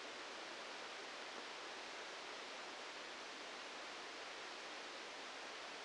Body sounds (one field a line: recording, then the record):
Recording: brain microelectrode recording played as sound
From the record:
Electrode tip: outside the subthalamic nucleus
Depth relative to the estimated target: -5 mm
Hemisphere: right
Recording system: NeuroSet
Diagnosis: Parkinson's disease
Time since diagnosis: 13 years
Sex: male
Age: 65 years